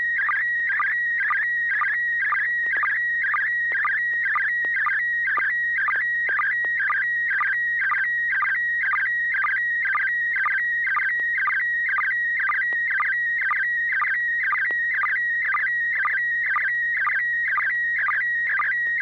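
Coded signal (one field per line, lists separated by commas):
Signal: SSTV (slow-scan television)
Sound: warbling, chirping tone with a steady rhythmic tick about twice a second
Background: low mains hum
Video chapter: and6 pgq almost perfect reception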